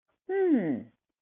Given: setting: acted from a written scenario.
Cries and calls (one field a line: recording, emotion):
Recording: vocal sound without words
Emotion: contentment